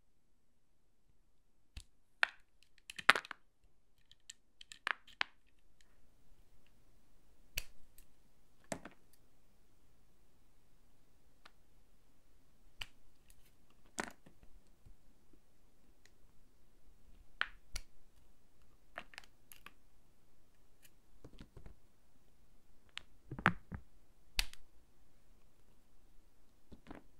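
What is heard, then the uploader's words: Soap being carved, heard as sharp, bright scraping clicks and short cuts scattered irregularly across the clip, some in quick pairs. A soft low hum sits underneath the whole time. ASMR Soap Carving No Talking.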